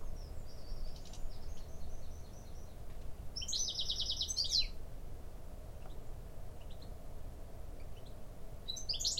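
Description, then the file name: European goldfinch calls, bright buzzy twittering notes in short bursts with a louder chattering phrase near the middle, over a steady low rumble of background noise. "Carduelis carduelis"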